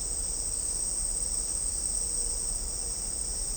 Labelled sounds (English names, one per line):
none